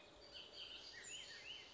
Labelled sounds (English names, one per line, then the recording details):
Bullock's Oriole
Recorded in Sonoma County, California